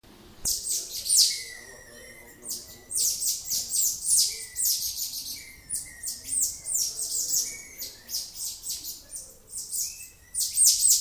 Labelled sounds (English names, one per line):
Cottontop Tamarin